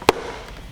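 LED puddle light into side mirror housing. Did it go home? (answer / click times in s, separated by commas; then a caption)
yes / 0.1 s. A plastic LED puddle light is pressed into its opening under the side mirror housing of a 2009–2014 Ford F-150. A single sharp snap sounds at 0.1 s as the housing pops into place, followed by quiet. The light is seated.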